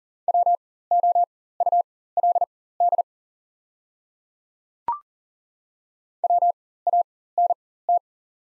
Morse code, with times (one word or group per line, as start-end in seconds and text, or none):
0.3-3.0 WOULD
6.2-8.0 WANT